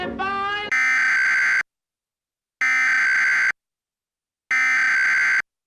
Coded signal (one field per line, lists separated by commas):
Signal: Emergency Alert System (SAME) tones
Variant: header bursts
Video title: Eas Scenario The Superior race Pt 3 The World Turned Upside Down